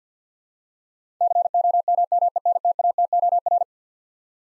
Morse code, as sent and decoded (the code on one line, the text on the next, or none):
-.-. --- -- -- . -. - .- - --- .-.
COMMENTATOR